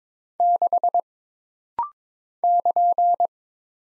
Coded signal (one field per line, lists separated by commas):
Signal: Morse code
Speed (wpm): 22 wpm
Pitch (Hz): 700 Hz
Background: none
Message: 6 <KN>